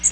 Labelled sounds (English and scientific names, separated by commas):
Blackburnian Warbler (Setophaga fusca) flight call